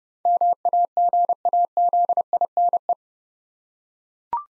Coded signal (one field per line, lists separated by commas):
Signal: Morse code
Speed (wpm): 28 wpm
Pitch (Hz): 700 Hz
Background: none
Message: MAGAZINE